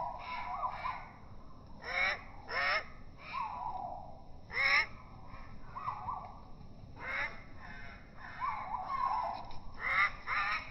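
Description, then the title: Great tit begging: irregular series of harsh harmonic notes mixed with lower, quavering, bent calls, repeated throughout with short pauses. Juvenile great tit perched on a deck chair backrest, begging for food with trembling wings; able to feed itself but prefers being fed; offered soaked dried mealworms; slowed down four times. "Junge Kohlmeise bettelt melodramatisch"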